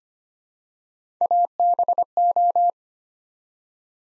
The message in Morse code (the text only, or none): ABO